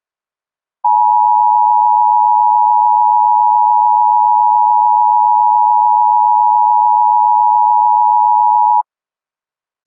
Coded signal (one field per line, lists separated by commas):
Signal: Emergency Alert System (SAME) tones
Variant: 853 and 960 Hz attention tone